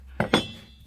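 During an ECM to PSC motor conversion, a component is pushed further into the blower motor assembly, making short metallic clinks at 0.2 s and 0.3 s. The part is still not fully home.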